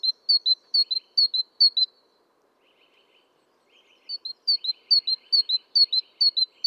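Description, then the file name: Great tit repeating a sharp two-note whistle rapidly, then a short lull of soft chattering before the phrases return. "Parus major"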